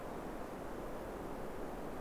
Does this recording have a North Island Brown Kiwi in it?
no